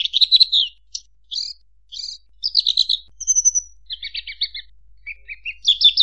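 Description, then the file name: Horsfield's bush lark giving a lively, varied song of chirps, short trills and a thin whistled note. "suara burung branjangan"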